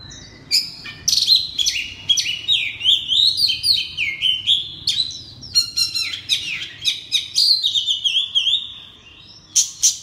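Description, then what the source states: Oriental magpie-robin singing a long, rich, almost unbroken stream of loud whistles, trills and rapid slurred notes. Loud song in the style called 'ngeplong' in Indonesian.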